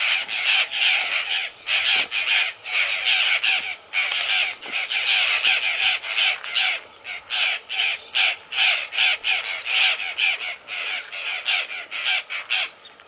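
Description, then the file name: Violaceous jay calling with a long run of harsh, grating notes, fast and uneven, continuing throughout. "Canto do gralha violacea"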